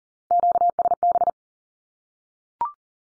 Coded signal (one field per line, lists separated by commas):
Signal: Morse code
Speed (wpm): 42 wpm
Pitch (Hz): 700 Hz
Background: none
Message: QSB